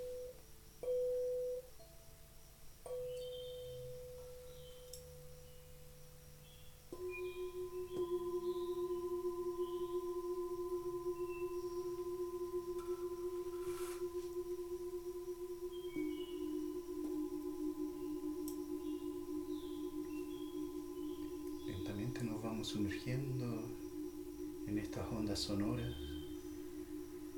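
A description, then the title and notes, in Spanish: Singing bowls ring with steady, sustained tones and their overtones, a new bowl joining around seven seconds and again near sixteen, layering a low hum. Brief higher chimes sparkle throughout, and near twenty-two and twenty-five seconds bright, wavering strikes swell over the drone. Un viaje entre cuencos y sus armonicos.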